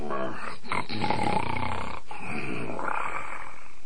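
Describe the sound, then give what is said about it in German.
Loud, rasping snoring of Obelix, who has fallen asleep: two long, growling breaths with a brief break between them, rough and throaty like an exaggerated, roaring snore. “Obelix, du schnarchst ja schon.”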